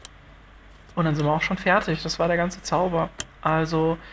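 The electrical plug of the wiring harness is pushed back onto the new mass air flow sensor of a BMW 3 Series E46 Compact (325ti) after its fit is checked, giving a single sharp, short click at 0.1 s as the connector seats. Someone then talks for the rest of the clip.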